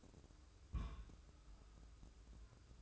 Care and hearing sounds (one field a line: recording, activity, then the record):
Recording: daily activity, microphone in the room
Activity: place on stove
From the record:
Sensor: 2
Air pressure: 995.3 hPa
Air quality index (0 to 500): 80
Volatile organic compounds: 3 ppm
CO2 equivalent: 1418 ppm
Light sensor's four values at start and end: 23/74/29/27 and 23/74/29/27